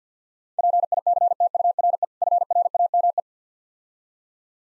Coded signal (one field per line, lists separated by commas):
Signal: Morse code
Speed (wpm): 50 wpm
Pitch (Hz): 700 Hz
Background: none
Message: PICTURE FRAME